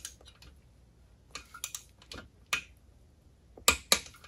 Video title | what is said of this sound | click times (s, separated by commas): Mercruiser Alpha outdrive lower unit rebuild - Full DIY rebuild | and you will know the lock nuts are torqued to 35 foot pounds when the torque wrench itself makes a clicking sound and i'll try not to get in your way | 3.7 s, 3.9 s